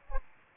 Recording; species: mosquito wingbeat signal from an infrared sensor; Aedes aegypti